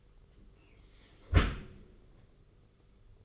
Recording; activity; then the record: daily activity, microphone in the room; close dishwasher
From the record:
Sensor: 4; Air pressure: 991.3 hPa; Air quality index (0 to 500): 157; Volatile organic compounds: 122 ppm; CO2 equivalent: 3887 ppm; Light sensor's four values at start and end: 22/72/27/27 and 22/73/27/28